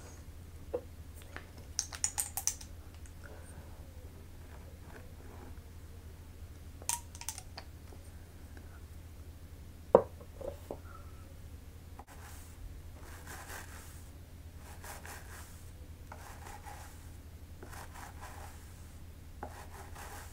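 A scalp massage treatment: soft rustling and brushing strokes, bursts of crisp tapping around two and seven seconds, a sharp click near ten, constant low hum.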